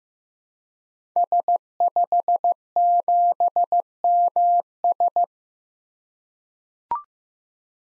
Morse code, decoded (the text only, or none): S57MS